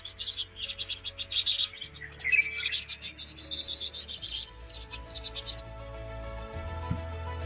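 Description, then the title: Vinous-throated Parrotbill calls: dense, high, twittering chatter for about five seconds, then thinning out, over a low steady hum. Recorded at the Summer Palace (Yiheyuan) in the afternoon; birds move in flocks of about twenty to thirty; the call is quiet but very crisp. "茶叶蛋？驴粪蛋？棕头鸦雀萌萌现"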